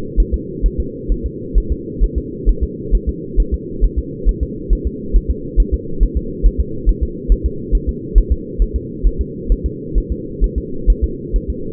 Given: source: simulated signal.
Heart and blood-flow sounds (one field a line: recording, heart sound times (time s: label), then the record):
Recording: fetal heart sounds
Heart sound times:
0.20 s: S1
0.34 s: S2
0.66 s: S1
0.80 s: S2
1.12 s: S1
1.26 s: S2
1.58 s: S1
1.72 s: S2
2.04 s: S1
2.18 s: S2
2.49 s: S1
2.63 s: S2
2.95 s: S1
3.09 s: S2
3.40 s: S1
3.54 s: S2
3.84 s: S1
3.98 s: S2
4.29 s: S1
4.43 s: S2
4.73 s: S1
4.87 s: S2
5.16 s: S1
5.30 s: S2
5.60 s: S1
5.74 s: S2
6.03 s: S1
6.17 s: S2
6.46 s: S1
6.60 s: S2
6.89 s: S1
7.03 s: S2
7.32 s: S1
7.46 s: S2
7.75 s: S1
7.89 s: S2
8.18 s: S1
8.32 s: S2
8.62 s: S1
8.76 s: S2
9.07 s: S1
9.21 s: S2
9.52 s: S1
9.66 s: S2
9.98 s: S1
10.12 s: S2
10.44 s: S1
10.58 s: S2
10.90 s: S1
11.04 s: S2
11.36 s: S1
11.50 s: S2
From the record:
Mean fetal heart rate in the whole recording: 135 bpm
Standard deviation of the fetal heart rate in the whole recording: 3 bpm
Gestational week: 36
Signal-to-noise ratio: -4.3 dB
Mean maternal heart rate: 72 bpm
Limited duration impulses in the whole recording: absent